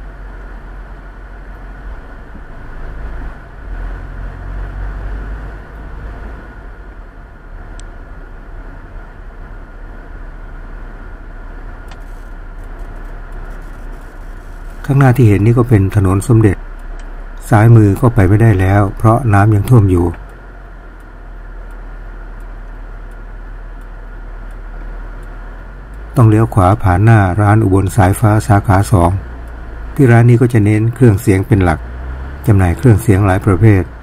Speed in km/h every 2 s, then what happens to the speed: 17, 18, 23, 26, 26, 24, 23, 15, 8, 4, 2, 2, 0, 0, 0, 0, 12.
0-5 speeds up to 26. 5-11 steady at about 26. 11-19 slows to 2. 19-30 standing. 30-34 pulls away to 12.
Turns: none.